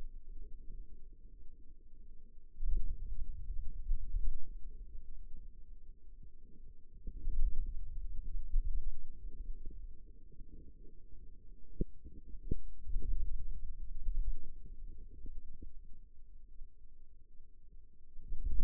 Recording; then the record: forearm muscle sounds (acoustic myography)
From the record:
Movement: wrist flexion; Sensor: system 2, bracelet of six BSWA MPA416 microphones around the upper forearm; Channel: 3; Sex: male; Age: 22 years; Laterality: right